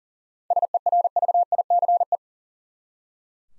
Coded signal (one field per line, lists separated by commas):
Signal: Morse code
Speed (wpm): 38 wpm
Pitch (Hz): 700 Hz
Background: none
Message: SERVICE